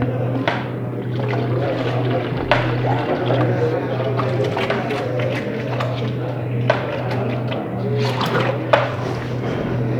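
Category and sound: household object, water poured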